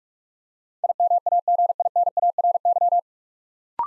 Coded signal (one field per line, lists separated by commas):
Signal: Morse code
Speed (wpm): 44 wpm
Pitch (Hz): 700 Hz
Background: none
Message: IMAGINARY